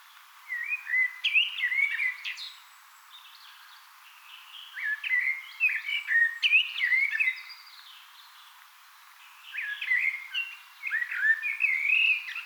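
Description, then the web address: Eurasian blackbird delivering three bursts of rich, fluty warbling mixed with thin high twitters, each phrase a few seconds long with quiet gaps between. Singing on 18 April 2025. "18 4 2025 keltanokkarastas laulaa"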